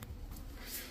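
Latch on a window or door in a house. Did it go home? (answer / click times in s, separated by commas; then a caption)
no / none. During a home inspection, someone tries to close and latch a window or door in a house, and two short knocks sound at about 0.0 and 0.4 seconds. The latch fails to catch, and nothing has seated or clicked yet.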